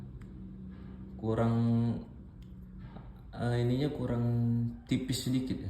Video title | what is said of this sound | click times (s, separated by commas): Pemula Wajib nonton , ilmu semua - Catrige pro pake ke xlim v2 dengan mild ( Ringan ) Liquid . | Biasanya, saat dimasukkan, akan langsung terpasang dengan bunyi klik. Tapi yang ini, terasa seperti ada sesuatu yang menghalangi. | none